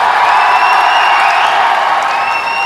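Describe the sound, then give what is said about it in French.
A crowd of MacGyver fans applauds and cheers for the applause meter in a steady, loud wash of clapping and shouting, with a few high whistles threading through and no pause for the whole stretch. “Alors, juste pour savoir, à l'applaudimètre, les fans de MacGyver, s'il vous plaît.”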